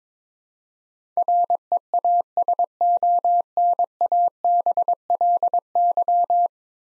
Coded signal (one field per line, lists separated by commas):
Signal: Morse code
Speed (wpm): 23 wpm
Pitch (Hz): 700 Hz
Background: none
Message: REASONABLY